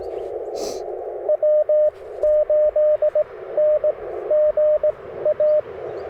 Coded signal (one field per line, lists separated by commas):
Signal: Morse code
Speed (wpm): 22 wpm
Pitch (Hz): 610 Hz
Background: radio noise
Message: W8NGA